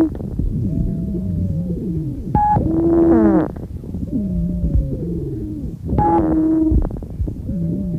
The lowest frequency, called the fundamental, sets the pitch of the wheeze. Wheezes may be described as high-pitched, in which case they are also called sibilant ronchi. A high-pitched wheeze.